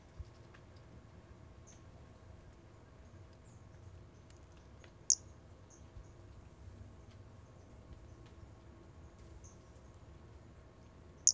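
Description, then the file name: Brachycephalus albolineatus giving sharp, very high chirps, two loud ones about six seconds apart and several softer ones between, over a low hum. Recorded 4 February 2016. "Brachycephalus albolineatus 160204"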